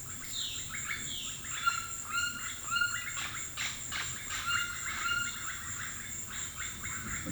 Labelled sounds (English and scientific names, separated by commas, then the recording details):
Russet-backed Oropendola (Psarocolius angustifrons), Violaceous Jay (Cyanocorax violaceus), White-throated Toucan (Ramphastos tucanus), Yellow-rumped Cacique (Cacicus cela)
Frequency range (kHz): Russet-backed Oropendola (Psarocolius angustifrons) 0.5-4.1 kHz; Violaceous Jay (Cyanocorax violaceus) 2.6-6.1 kHz; White-throated Toucan (Ramphastos tucanus) 0.3-5.9 kHz; Yellow-rumped Cacique (Cacicus cela) 0.4-7.3 kHz
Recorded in dense forest near Puerto Asís, Putumayo, Colombia, on 19 February 2024 at 17:30
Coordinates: 0.502, -76.324
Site G6370